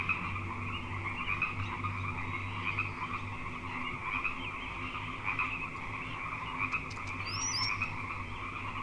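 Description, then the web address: Dense frog chorus of steady overlapping trills, with a brief high squeaky sweep near the end over a low rumble. Frog chorus on Grafton Lake, recorded 3 May 2009. "The Frog Chorus Tunes Up On Grafton Lake frogs 090503"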